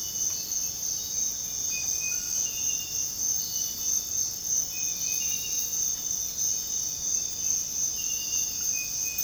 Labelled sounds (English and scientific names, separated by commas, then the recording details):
none
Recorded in dense forest near Puerto Asís, Putumayo, Colombia, on 9 March 2025 at 05:00
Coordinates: 0.486, -76.317
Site G053